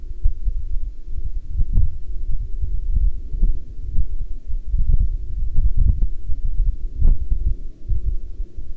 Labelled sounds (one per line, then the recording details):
wind
aircraft
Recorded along the Dalton Highway, Alaska, on 16 October 2019 at 08:02
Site 07